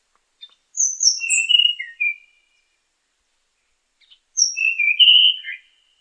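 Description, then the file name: Tanahjampea Blue Flycatcher song, two high, sweet warbled phrases mixing thin upper notes with lower falling whistles, separated by a pause of about two seconds. "sikatan tanahjampea"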